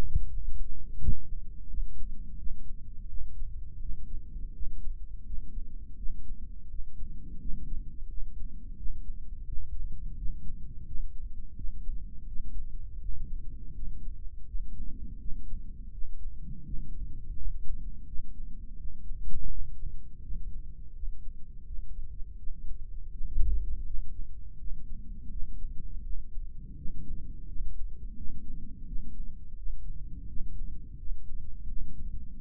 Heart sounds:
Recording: heart sounds by microphone in the right ear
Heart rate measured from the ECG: 84 bpm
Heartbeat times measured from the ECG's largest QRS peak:
0.28 s: heartbeat
0.99 s: heartbeat
1.69 s: heartbeat
2.37 s: heartbeat
3.08 s: heartbeat
3.80 s: heartbeat
4.54 s: heartbeat
5.25 s: heartbeat
5.97 s: heartbeat
6.69 s: heartbeat
7.40 s: heartbeat
8.09 s: heartbeat
8.77 s: heartbeat
9.46 s: heartbeat
10.16 s: heartbeat
10.86 s: heartbeat
11.56 s: heartbeat
12.26 s: heartbeat
12.99 s: heartbeat
13.74 s: heartbeat
14.47 s: heartbeat
15.19 s: heartbeat
15.92 s: heartbeat
16.65 s: heartbeat
17.37 s: heartbeat
18.06 s: heartbeat
18.77 s: heartbeat
19.49 s: heartbeat
20.22 s: heartbeat
20.94 s: heartbeat
21.65 s: heartbeat
22.37 s: heartbeat
23.11 s: heartbeat
23.85 s: heartbeat
24.58 s: heartbeat
25.30 s: heartbeat
26.03 s: heartbeat
26.76 s: heartbeat
27.47 s: heartbeat
28.16 s: heartbeat
28.86 s: heartbeat
29.56 s: heartbeat
30.27 s: heartbeat
30.98 s: heartbeat
31.67 s: heartbeat
32.39 s: heartbeat
From the record:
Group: healthy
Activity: rest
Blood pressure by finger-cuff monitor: 157/86 mmHg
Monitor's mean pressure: 102 mmHg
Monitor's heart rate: 84 bpm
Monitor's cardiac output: 8.1 L/min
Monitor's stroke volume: 98 mL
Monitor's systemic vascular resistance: 930 dyn s/cm5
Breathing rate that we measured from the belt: 18 breaths a minute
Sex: male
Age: 57 years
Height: 188 cm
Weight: 106 kg

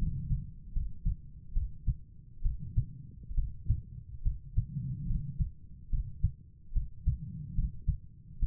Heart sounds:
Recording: heart sounds by stethoscope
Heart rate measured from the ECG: 70 bpm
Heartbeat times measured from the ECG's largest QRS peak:
0.72 s: heartbeat
1.53 s: heartbeat
2.42 s: heartbeat
3.34 s: heartbeat
4.22 s: heartbeat
5.06 s: heartbeat
5.89 s: heartbeat
6.73 s: heartbeat
7.54 s: heartbeat
8.39 s: heartbeat
From the record:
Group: healthy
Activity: rest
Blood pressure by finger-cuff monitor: 116/85 mmHg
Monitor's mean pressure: 98 mmHg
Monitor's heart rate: 73 bpm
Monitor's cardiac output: 5.5 L/min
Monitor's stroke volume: 77 mL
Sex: female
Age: 32 years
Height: 172 cm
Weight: 71.7 kg

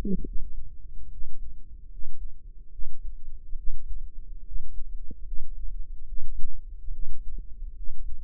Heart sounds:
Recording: heart sounds by microphone in the right ear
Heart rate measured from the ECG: 72 bpm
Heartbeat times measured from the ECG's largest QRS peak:
0.23 s: heartbeat
1.09 s: heartbeat
1.88 s: heartbeat
2.69 s: heartbeat
3.55 s: heartbeat
4.42 s: heartbeat
5.23 s: heartbeat
6.05 s: heartbeat
6.90 s: heartbeat
7.73 s: heartbeat
From the record:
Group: healthy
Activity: rest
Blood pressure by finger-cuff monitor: 105/66 mmHg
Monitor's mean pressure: 77 mmHg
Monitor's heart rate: 72 bpm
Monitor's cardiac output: 5.7 L/min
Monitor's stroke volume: 78 mL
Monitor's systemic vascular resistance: 990 dyn s/cm5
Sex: female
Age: 22 years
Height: 160 cm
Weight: 45 kg

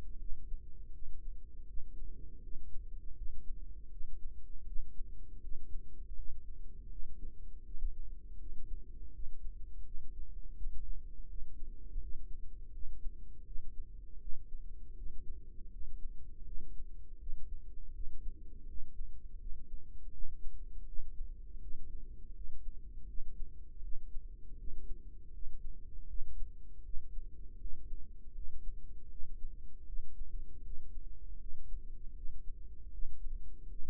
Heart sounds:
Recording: heart sounds by microphone in the right ear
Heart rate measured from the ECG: 81 bpm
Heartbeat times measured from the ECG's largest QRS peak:
0.17 s: heartbeat
0.91 s: heartbeat
1.66 s: heartbeat
2.40 s: heartbeat
3.14 s: heartbeat
3.89 s: heartbeat
4.64 s: heartbeat
5.40 s: heartbeat
6.15 s: heartbeat
6.89 s: heartbeat
7.63 s: heartbeat
8.38 s: heartbeat
9.11 s: heartbeat
9.83 s: heartbeat
10.55 s: heartbeat
11.27 s: heartbeat
11.99 s: heartbeat
12.71 s: heartbeat
13.43 s: heartbeat
14.18 s: heartbeat
14.95 s: heartbeat
15.70 s: heartbeat
16.44 s: heartbeat
17.18 s: heartbeat
17.92 s: heartbeat
18.66 s: heartbeat
19.38 s: heartbeat
20.11 s: heartbeat
20.85 s: heartbeat
21.59 s: heartbeat
22.33 s: heartbeat
23.06 s: heartbeat
23.81 s: heartbeat
24.56 s: heartbeat
25.31 s: heartbeat
26.07 s: heartbeat
26.82 s: heartbeat
27.58 s: heartbeat
28.33 s: heartbeat
29.08 s: heartbeat
29.85 s: heartbeat
30.62 s: heartbeat
31.38 s: heartbeat
32.14 s: heartbeat
32.90 s: heartbeat
33.68 s: heartbeat
From the record:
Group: healthy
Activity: rest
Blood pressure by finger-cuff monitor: 114/74 mmHg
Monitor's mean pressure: 87 mmHg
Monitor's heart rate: 81 bpm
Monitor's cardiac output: 5.7 L/min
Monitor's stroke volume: 70 mL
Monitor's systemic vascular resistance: 1120 dyn s/cm5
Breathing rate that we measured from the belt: 19 breaths a minute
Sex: female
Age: 43 years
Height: 160 cm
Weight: 90 kg

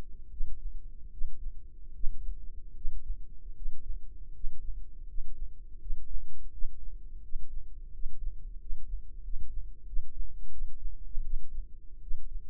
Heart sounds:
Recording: heart sounds by microphone in the left ear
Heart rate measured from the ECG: 82 bpm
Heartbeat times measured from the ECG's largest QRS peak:
0.28 s: heartbeat
1.09 s: heartbeat
1.91 s: heartbeat
2.72 s: heartbeat
3.52 s: heartbeat
4.31 s: heartbeat
5.05 s: heartbeat
5.77 s: heartbeat
6.49 s: heartbeat
7.20 s: heartbeat
7.90 s: heartbeat
8.57 s: heartbeat
9.20 s: heartbeat
9.83 s: heartbeat
10.49 s: heartbeat
11.21 s: heartbeat
11.99 s: heartbeat
From the record:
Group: healthy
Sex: male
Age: 21 years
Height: 180 cm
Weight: 67.5 kg

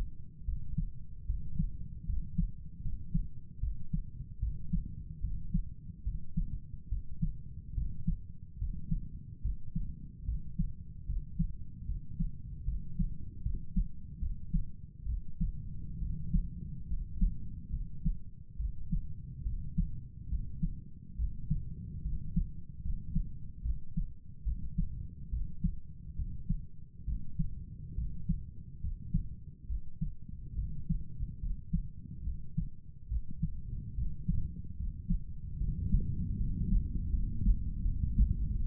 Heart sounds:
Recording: heart sounds by stethoscope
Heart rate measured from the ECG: 72 bpm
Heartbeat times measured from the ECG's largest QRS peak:
0.45 s: heartbeat
1.26 s: heartbeat
2.06 s: heartbeat
2.82 s: heartbeat
3.60 s: heartbeat
4.39 s: heartbeat
5.21 s: heartbeat
6.04 s: heartbeat
6.89 s: heartbeat
7.74 s: heartbeat
8.58 s: heartbeat
9.42 s: heartbeat
10.25 s: heartbeat
11.06 s: heartbeat
11.86 s: heartbeat
12.65 s: heartbeat
13.43 s: heartbeat
14.19 s: heartbeat
15.06 s: heartbeat
15.99 s: heartbeat
16.87 s: heartbeat
17.71 s: heartbeat
18.57 s: heartbeat
19.44 s: heartbeat
20.29 s: heartbeat
21.16 s: heartbeat
22.03 s: heartbeat
22.82 s: heartbeat
23.63 s: heartbeat
24.44 s: heartbeat
25.30 s: heartbeat
26.16 s: heartbeat
27.05 s: heartbeat
27.95 s: heartbeat
28.81 s: heartbeat
29.67 s: heartbeat
30.56 s: heartbeat
31.40 s: heartbeat
32.24 s: heartbeat
33.09 s: heartbeat
33.95 s: heartbeat
34.77 s: heartbeat
35.58 s: heartbeat
36.37 s: heartbeat
37.10 s: heartbeat
37.82 s: heartbeat
38.58 s: heartbeat
From the record:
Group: healthy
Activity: rest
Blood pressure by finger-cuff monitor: 117/71 mmHg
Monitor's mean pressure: 83 mmHg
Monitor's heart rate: 72 bpm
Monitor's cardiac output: 6.8 L/min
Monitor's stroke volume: 95 mL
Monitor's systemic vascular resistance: 880 dyn s/cm5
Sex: male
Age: 35 years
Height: 180 cm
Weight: 86.9 kg

